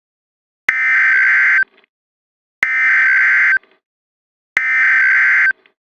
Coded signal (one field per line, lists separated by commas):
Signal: Emergency Alert System (SAME) tones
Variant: header bursts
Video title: EAS Scenario | Tsunami